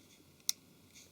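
In a Nokia Lumia 520, the display flex cable plug is pressed onto its connector on the phone's mainboard, giving a single sharp, bright click at 0.5 s over a quiet background with a faint tick just before. The plug snaps in and is seated.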